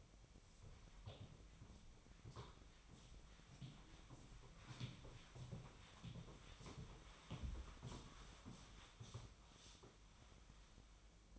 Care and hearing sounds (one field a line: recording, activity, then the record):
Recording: daily activity, microphone in the room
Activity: walk to room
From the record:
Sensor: 1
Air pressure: 1010.2 hPa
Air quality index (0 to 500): 181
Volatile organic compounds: 15 ppm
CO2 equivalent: 2486 ppm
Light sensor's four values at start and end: 38/96/40/49 and 38/98/41/50